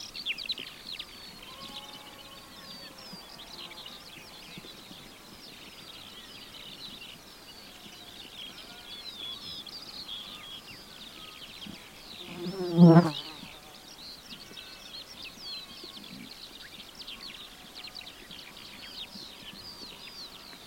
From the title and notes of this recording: Spring skylark song. You are on high country farm road in the Hakataramea Valley in deepest South Canterbury, New Zealand. Skylark song pours from the heavens, cascading over paddocks of ewes with noisy lambs at foot. Recorded by Nick Allen.